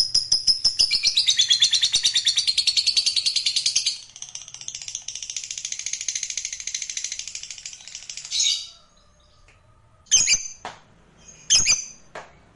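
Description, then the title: Lovebird chattering song, a rapid, buzzy high trill pulsing steadily for about eight seconds, then a pause and two brief sharp bursts. Meant to prompt a lovebird that is reluctant to sing into spontaneous, excited singing. "LOVEBIRD Malas Bunyi JADI GREGET SPONTAN Langsung NARIK"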